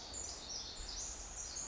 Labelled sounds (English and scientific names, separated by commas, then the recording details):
Pacific Wren (Troglodytes pacificus)
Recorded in Sonoma County, California